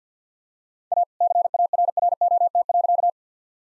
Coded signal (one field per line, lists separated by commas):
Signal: Morse code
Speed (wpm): 47 wpm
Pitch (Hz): 700 Hz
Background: none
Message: A CARROT.